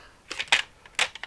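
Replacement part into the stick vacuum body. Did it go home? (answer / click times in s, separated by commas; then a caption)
no / none. A replacement part swapped into a Dyson V11 stick vacuum is lined up and pushed into the vacuum's plastic body during a starting-and-stopping repair. Several short, sharp clacks and taps sound over about 1.3 seconds, the loudest near 0.5 and 1.0 seconds. The part fails to seat: nothing has seated or clicked into place yet.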